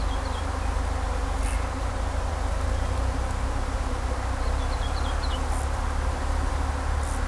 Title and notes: In Kallstadt summen die Bienen. In den Reben, Kallstadt, Deutschland. Natur, Weinreben, Bienen summen, Vögel singen, Fahrgeräusche von Straße, Land